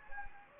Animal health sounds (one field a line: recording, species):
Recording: mosquito wingbeat signal from an infrared sensor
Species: Anopheles gambiae